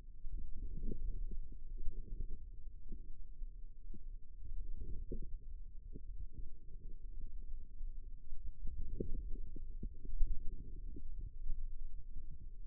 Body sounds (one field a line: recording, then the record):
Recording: forearm muscle sounds (acoustic myography)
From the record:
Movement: wrist flexion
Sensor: system 2, bracelet of six BSWA MPA416 microphones around the upper forearm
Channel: 3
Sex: female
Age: 22 years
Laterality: right